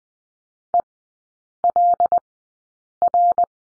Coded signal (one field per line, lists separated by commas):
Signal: Morse code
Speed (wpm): 20 wpm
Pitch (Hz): 700 Hz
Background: none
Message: E L R